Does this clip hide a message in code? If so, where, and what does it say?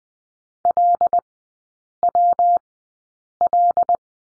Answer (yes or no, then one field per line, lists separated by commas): yes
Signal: Morse code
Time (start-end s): 0.7-4.0 s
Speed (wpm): 20 wpm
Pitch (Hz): 700 Hz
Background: none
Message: LWL